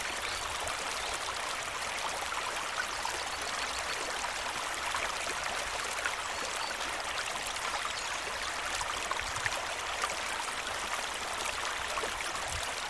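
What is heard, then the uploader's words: A river flows steadily and densely, a bright rushing hiss with small splashes throughout and a faint low rumble underneath. A Mesmerizing River Flowing In An Exquisite Forest.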